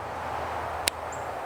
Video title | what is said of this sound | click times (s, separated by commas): 3 More Must Have Outdoor Prints PLUS Free STL FILE | it clicks into place. | 0.9 s